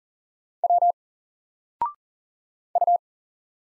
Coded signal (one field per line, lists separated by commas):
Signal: Morse code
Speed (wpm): 40 wpm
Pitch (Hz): 700 Hz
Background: none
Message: W U